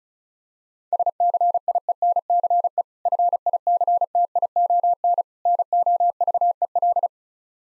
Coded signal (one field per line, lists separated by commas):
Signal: Morse code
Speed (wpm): 36 wpm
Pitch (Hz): 700 Hz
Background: none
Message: SCIENCE FICTION NOVEL